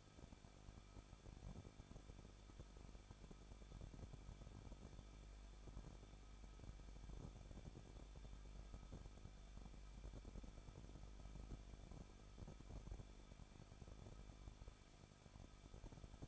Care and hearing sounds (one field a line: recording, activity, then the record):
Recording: daily activity, microphone in the room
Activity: no activity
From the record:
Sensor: 5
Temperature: 20.9 degrees Celsius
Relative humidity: 38.2%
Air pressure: 1006.4 hPa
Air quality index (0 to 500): 188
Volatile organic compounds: 19 ppm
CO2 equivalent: 2640 ppm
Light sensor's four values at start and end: 2/3/1/1 and 2/3/1/1